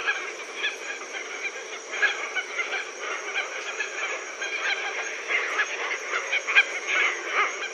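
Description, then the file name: Red-tailed tropicbird calling, a busy mesh of hoarse squawks and honks over a steady hiss. "phaethon rubricauda"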